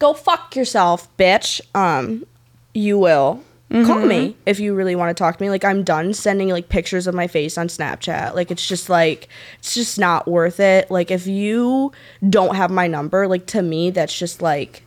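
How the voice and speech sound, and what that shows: A 20-year-old woman speaking casually in a small room breaks off mid-sentence with an abrupt burst of swearing, then resumes fluent conversational speech. The sudden, out-of-context obscene outburst is a vocal tic (coprolalia) of Tourette syndrome, a neurological involuntary motor and vocal disorder.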